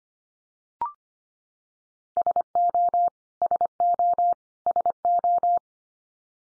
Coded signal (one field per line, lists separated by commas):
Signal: Morse code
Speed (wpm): 25 wpm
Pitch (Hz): 700 Hz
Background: none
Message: SO SO SO